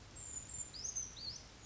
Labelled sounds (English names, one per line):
Brown Creeper